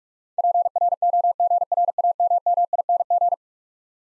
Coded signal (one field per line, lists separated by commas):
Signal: Morse code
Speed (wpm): 44 wpm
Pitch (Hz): 700 Hz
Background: none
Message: PROGRAMMING